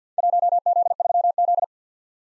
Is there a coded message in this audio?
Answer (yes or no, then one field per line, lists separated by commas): yes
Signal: Morse code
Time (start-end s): 0.2-1.6 s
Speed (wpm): 47 wpm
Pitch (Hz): 700 Hz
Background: none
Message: 1Z3Z